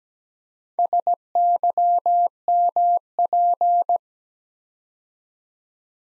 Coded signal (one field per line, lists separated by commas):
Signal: Morse code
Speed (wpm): 17 wpm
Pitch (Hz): 700 Hz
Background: none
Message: SYMP